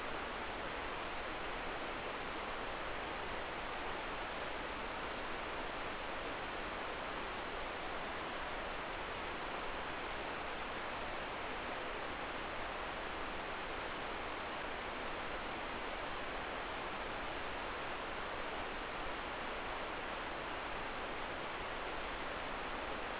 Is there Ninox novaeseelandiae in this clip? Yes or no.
no